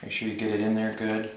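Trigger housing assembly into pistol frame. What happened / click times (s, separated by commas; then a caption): The part is being handled but has not clicked into place yet / none. A trigger housing assembly is being pushed down into a polymer pistol frame during reassembly while someone talks throughout. The part is only handled and has not gone home, so nothing has seated or clicked yet.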